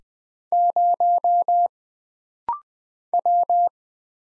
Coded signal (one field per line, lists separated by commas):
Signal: Morse code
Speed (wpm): 20 wpm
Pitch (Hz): 700 Hz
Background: none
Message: 0 W